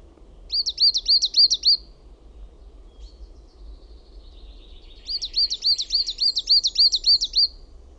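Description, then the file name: Coal tit song: a high, rhythmic series of repeated two-note phrases lasting just over a second. It pauses, then comes again as a longer run, over low steady background noise. "KUUSITIAINEN"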